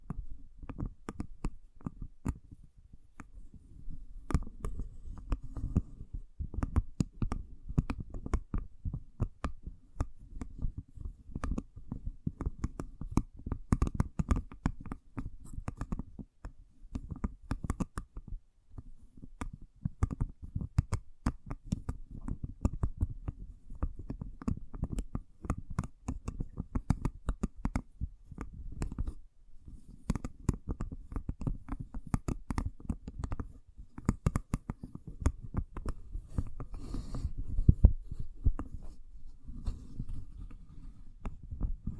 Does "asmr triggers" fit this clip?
yes